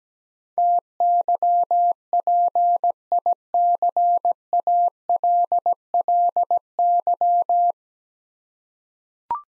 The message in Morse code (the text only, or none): TYPICALLY